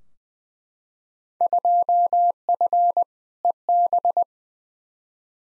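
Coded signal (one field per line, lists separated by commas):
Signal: Morse code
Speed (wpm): 20 wpm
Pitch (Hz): 700 Hz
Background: none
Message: 2F EB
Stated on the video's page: Randomly selected Field Day exchanges sent in Morse at 20 wpm as head-copy practice, each sent, spoken, then sent again.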